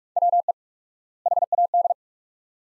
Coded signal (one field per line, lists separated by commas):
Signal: Morse code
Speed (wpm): 42 wpm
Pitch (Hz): 700 Hz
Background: none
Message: WE HAD